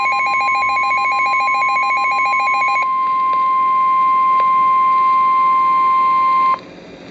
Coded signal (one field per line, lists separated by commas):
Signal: Emergency Alert System (SAME) tones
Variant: 1050 Hz attention tone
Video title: Real NOAA Weather Radio EAS Alert #297